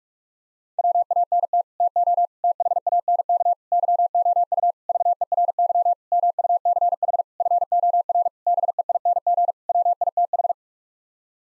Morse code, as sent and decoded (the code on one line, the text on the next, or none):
.-- .- -. - / - --- / - .... .- -. -.- / -.-- --- ..- / ...- . .-. -.-- / -- ..- -.-. .... / ..-. --- .-. / -... . .. -. --. / .-- .. - ....
WANT TO THANK YOU VERY MUCH FOR BEING WITH